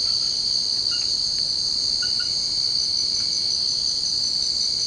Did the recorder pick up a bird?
no